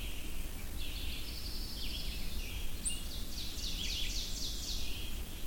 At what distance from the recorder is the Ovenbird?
about 60 m